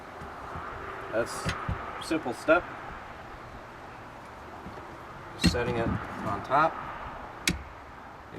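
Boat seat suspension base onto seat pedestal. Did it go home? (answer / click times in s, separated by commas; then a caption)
yes / 7.5 s. A Smooth Moves Ultra boat seat suspension base is set on top of a boat seat pedestal and pushed down while someone talks. A single sharp click at 7.5 s shows the base has locked onto the pedestal and can't come up.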